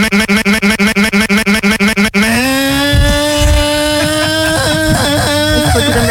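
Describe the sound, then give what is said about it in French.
A small motorbike engine starts with about two seconds of rapid, rhythmic chugging, then catches into a steady, buzzy drone whose pitch wavers and surges as it revs. “Est-ce que tu veux faire un tour avec la petite moto de Toff également en même temps là?”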